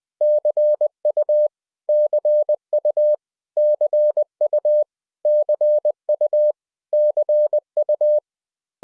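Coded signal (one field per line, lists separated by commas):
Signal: Morse code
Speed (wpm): 20 wpm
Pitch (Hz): 600 Hz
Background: none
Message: CU CU CU CU CU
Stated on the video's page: Morse code lesson drilling the abbreviation CU, used in rubber-stamp amateur QSOs.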